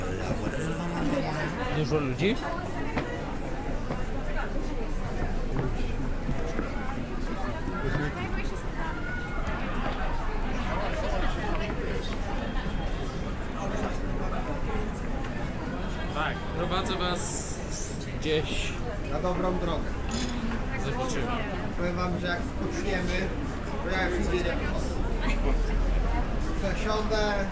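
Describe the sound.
Saturday night crowds fill the streets of London's Soho, with many voices talking over one another in a steady, dense babble. Nearby speech stands out now and then, while a low rumble of traffic runs underneath throughout.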